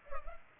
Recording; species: mosquito wingbeat signal from an infrared sensor; Culex pipiens